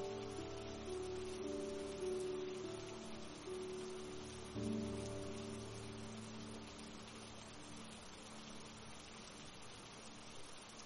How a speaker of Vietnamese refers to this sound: Hơn nửa tiếng đồng hồ trôi qua, giông gió cũng giảm đi nhiều, nhưng mưa vẫn còn đang nặng hạt.